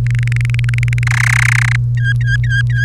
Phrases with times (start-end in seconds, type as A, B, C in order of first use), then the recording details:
0.06-1.04 A, 1.07-1.76 B, 1.97-2.85 C. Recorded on 1 May 2018 at 17:11. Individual llb3